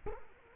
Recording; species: mosquito wingbeat signal from an infrared sensor; Culex quinquefasciatus